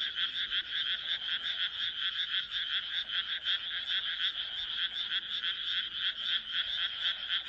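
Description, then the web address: Frog chorus of many overlapping croaks, a steady high rattling throb with clear rhythmic pulses running through the whole stretch. "kaeru kaeru"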